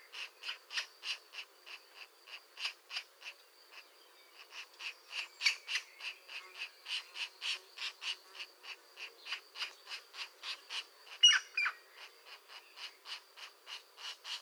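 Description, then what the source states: European green woodpecker producing a long, fairly even run of crisp knocking clicks, briefly pausing then resuming, one louder burst near the end. A pair active at the nest.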